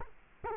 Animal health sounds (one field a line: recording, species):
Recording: mosquito wingbeat signal from an infrared sensor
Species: Culex quinquefasciatus